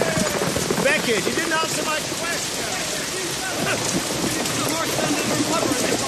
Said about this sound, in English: Oh! The rain is getting heavier, my lord. Come, let us shelter in that hut over there!